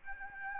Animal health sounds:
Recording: mosquito wingbeat signal from an infrared sensor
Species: Aedes albopictus

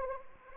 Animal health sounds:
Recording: mosquito wingbeat signal from an infrared sensor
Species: Anopheles arabiensis

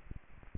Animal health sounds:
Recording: mosquito wingbeat signal from an infrared sensor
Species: Aedes aegypti

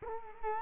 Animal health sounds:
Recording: mosquito wingbeat signal from an infrared sensor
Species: Culex quinquefasciatus

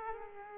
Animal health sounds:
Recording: mosquito wingbeat signal from an infrared sensor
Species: Aedes aegypti

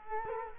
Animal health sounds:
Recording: mosquito wingbeat signal from an infrared sensor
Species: Culex quinquefasciatus

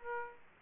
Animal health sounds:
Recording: mosquito wingbeat signal from an infrared sensor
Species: Aedes aegypti

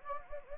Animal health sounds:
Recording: mosquito wingbeat signal from an infrared sensor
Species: Anopheles gambiae

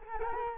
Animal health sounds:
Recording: mosquito wingbeat signal from an infrared sensor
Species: Culex quinquefasciatus

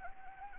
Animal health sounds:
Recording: mosquito wingbeat signal from an infrared sensor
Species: Anopheles gambiae

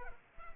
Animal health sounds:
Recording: mosquito wingbeat signal from an infrared sensor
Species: Culex pipiens

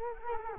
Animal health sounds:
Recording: mosquito wingbeat signal from an infrared sensor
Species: Culex quinquefasciatus

